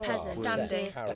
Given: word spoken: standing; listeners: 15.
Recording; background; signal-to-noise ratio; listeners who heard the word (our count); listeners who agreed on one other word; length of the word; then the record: one English word in noise, from a listening test; four-talker babble; -0.1 dB; 6 of 15; 9 of 15; 0.75 s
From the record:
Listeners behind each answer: 9, 6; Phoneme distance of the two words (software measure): 52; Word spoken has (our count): 2 syllables, 7 phonemes, stress on syllable 1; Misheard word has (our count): 2 syllables, 5 phonemes, stress on syllable 1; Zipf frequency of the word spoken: 4.95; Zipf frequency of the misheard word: 3.43